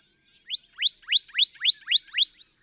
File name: Northern Cardinal